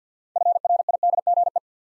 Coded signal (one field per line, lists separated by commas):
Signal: Morse code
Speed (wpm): 50 wpm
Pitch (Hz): 700 Hz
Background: none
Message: FRIDGE